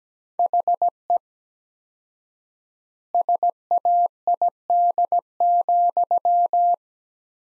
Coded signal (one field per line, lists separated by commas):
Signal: Morse code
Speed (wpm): 17 wpm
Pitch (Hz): 700 Hz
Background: none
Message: HE SAID,